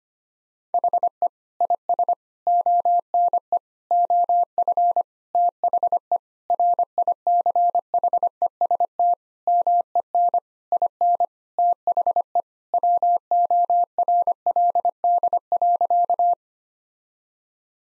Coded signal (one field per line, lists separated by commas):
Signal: Morse code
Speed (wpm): 25 wpm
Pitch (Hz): 700 Hz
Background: none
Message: HE IS ONE OF THE RICHEST MEN IN THE WORLD.